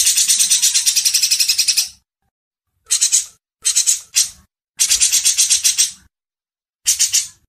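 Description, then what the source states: Grey-cheeked bulbul uttering short harsh chattering bursts of quick buzzy pulses, with silences between them. Masteran training audio.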